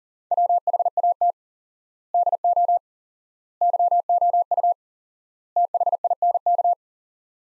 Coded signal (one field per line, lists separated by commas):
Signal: Morse code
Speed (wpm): 40 wpm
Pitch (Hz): 700 Hz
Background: none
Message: WHAT DO YOU THINK